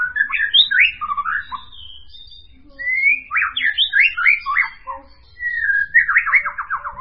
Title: Kicau Murai Batu